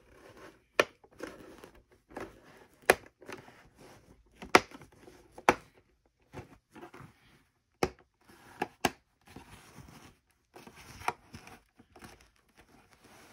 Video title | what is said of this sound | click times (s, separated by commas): HP All-In-One PC Model: 20-C434 Memory Upgrade: How to replace 4GB with 8GB DDR4-2666 SODIMM | and you'll hear it clicking together all right let | 0.8 s, 2.9 s, 4.5 s, 5.5 s, 8.9 s